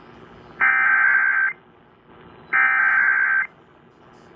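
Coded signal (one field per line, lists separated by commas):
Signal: Emergency Alert System (SAME) tones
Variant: header bursts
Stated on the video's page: Real severe thunderstorm and tornado warnings around Dallas-Fort Worth, received from NOAA Weather Radio on 162.550 and 162.400 MHz plus AM and FM broadcast stations.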